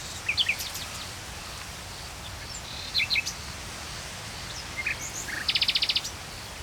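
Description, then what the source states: Common nightingale phrases: brief clusters of sharp chirps separated by pauses, ending in a fast, rattling burst of repeated notes, with a hissy background. Trilling song, recorded in Saint-Chamas, Provence-Alpes-Côte d'Azur, France, just before nightfall, with a Line Audio microphone and a MixPre-3 II recorder.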